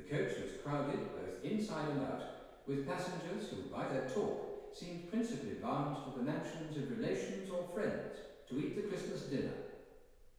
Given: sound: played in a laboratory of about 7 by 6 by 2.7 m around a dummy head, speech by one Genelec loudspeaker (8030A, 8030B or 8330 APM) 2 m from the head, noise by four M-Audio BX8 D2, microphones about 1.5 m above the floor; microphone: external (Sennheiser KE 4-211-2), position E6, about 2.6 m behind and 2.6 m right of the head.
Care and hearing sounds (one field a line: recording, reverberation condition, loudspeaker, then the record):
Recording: male speech in English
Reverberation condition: high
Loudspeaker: 30 degrees to the right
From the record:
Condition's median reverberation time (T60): about 1300 ms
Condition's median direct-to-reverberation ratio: about -4.0 dB